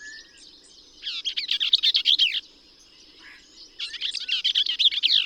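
Bell's vireo delivering two quick chattering, squeaky song bursts separated by a pause, over a steady high-pitched drone.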